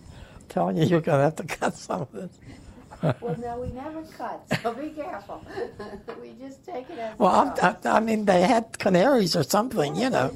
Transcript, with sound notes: telling you, you're going to have to cut some of this.
Well now we never cut, so be careful. (laughs) We just take it as it comes.
Well, I - I mean they had canaries or something, you know.